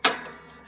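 A metal deck-lift lever on a stand-on mower is pulled back, and its latch gives one sharp click at 0.1 s that releases it so the deck lowers. A bright broadband snap is followed by a quiet fading ring, and no one talks in this moment.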